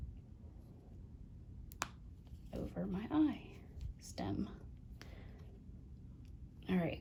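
A plastic safety-eye washer is pushed over the safety eye stem through a crocheted amigurumi head and snaps on. Sharp clicks are heard at 1.7 s and 1.8 s, with another brief click at 5.0 s, and someone talks quietly in between. The washer is seated on the stem.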